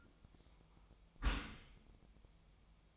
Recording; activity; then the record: daily activity, microphone in the room; close dishwasher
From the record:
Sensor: 1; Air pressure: 1004.7 hPa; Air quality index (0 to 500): 121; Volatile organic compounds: 4 ppm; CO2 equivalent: 1686 ppm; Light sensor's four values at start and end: 9/21/8/9 and 9/21/8/9